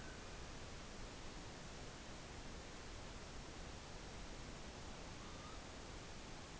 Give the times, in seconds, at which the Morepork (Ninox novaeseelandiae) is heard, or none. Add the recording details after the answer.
none. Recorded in New Zealand on 12 November 2013. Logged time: 02:19. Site Ponui